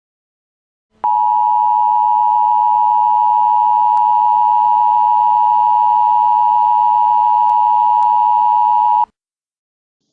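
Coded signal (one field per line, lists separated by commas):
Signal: Emergency Alert System (SAME) tones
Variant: 853 and 960 Hz attention tone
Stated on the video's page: Fictional custom EAS scenario, not a real alert.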